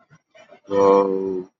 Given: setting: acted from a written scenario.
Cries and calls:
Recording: vocal sound without words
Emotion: awe

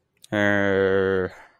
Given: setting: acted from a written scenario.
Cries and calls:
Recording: vocal sound without words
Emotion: anger

